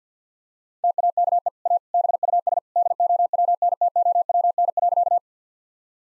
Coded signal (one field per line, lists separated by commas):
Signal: Morse code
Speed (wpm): 49 wpm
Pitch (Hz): 700 Hz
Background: none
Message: TAKE A BUS DOWNTOWN.